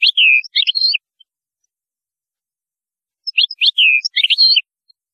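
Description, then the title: European goldfinch song, two brief phrases of sweet chirps and a slurred whistled note, a few seconds apart. "Chant Chardonneret"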